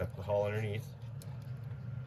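Someone talks while the upper body of a Trumpeter 1/16 Panther G "early" plastic scale model tank is tucked under and pushed onto the lower hull, over a steady low hum with a brief faint tick near 1.2 s. Nothing has seated or clicked into place yet.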